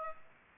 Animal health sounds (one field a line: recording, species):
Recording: mosquito wingbeat signal from an infrared sensor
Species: Aedes aegypti